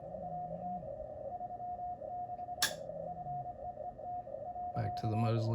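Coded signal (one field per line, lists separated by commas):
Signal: Morse code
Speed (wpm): 24 wpm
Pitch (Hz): 720 Hz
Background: speech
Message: AT 36 FEET .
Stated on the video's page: Morse received while comparing antennas: EFHW inverted L, 40m delta loop and Mosley TA33 beam.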